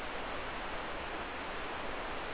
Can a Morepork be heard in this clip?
no